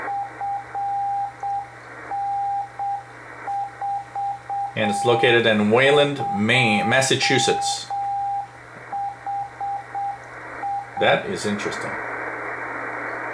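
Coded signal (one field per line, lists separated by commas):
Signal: Morse code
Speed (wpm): 7 wpm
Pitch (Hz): 800 Hz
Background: speech, radio noise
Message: FN42 HI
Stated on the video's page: Experimental shortwave station from Wayland, Massachusetts, received in CW on 5058 kHz.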